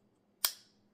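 The clip-point blade of a folding hunter lockback knife is opened until its steel lock bar snaps into the blade notch. A single sharp, bright snap at 0.5 s fades quickly against an otherwise quiet background. The blade locks in place rock solid.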